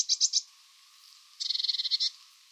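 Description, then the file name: Eurasian blue tit call: a short burst of four harsh high notes, then after a pause a rapid trill of about a dozen buzzy notes. "Cyanistes caeruleus"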